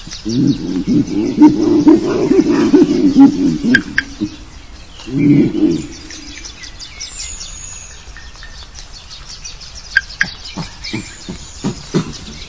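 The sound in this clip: Wood frog clucking in a low, rough chuckling burst lasting several seconds, then a shorter burst, followed by scattered high bird chirps and thin whistles.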